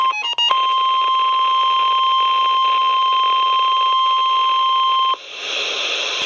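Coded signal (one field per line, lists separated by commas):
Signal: Emergency Alert System (SAME) tones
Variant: 1050 Hz attention tone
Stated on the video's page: River flood warning SAME tones on NOAA weather radio from National Weather Service Mount Holly for Chester County, Pennsylvania.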